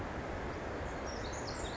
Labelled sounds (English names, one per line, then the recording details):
Pacific Wren
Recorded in Sonoma County, California